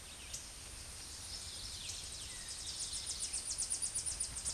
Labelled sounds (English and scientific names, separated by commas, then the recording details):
Tennessee Warbler (Leiothlypis peregrina) song
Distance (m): 30 m
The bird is about 5 m above the microphone
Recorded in a Pennsylvania forest on 16 May 2024 at 07:58
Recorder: AudioMoth, point MSD-0665
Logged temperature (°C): 16.1 °C
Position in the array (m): 69 m, 61 m